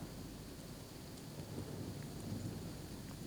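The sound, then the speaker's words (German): Steady rain hisses without a break while a low, rolling rumble of thunder swells beneath it, the whole texture dense and even, with no voices. “Nein, ich sehe nichts. Es regnet.”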